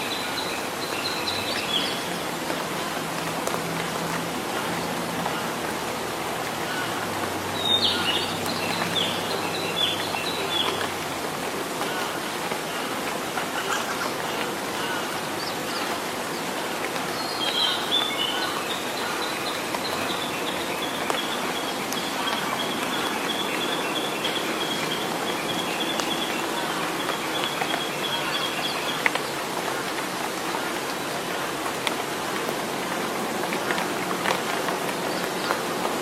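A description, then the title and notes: Rain patters steadily through a forest, a dense, even hiss that holds level for the whole stretch. Birds sing over it, a run of chirps near 8 seconds and a longer trilling phrase from about 17 to 29 seconds, while a low hum murmurs underneath for the first ten seconds. Rainy days in the forest in early summer.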